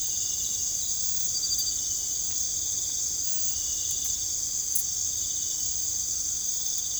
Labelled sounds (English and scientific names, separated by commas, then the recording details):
none
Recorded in secondary vegetation near Puerto Asís, Putumayo, Colombia, on 22 December 2024 at 19:00
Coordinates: 0.468, -76.324
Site G095